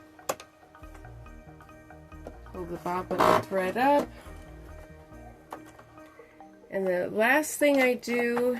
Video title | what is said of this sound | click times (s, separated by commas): 9. Freemotion Quilting, Shooting Star Quilt Pattern and Tutorial | And you'll hear it click. | 0.3 s